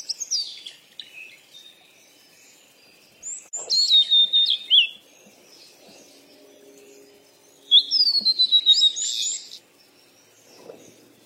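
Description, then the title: Bird chirping with two loud bursts, each a fast series of high sharp notes with a sliding phrase, separated by quieter stretches. "鸟儿喳喳"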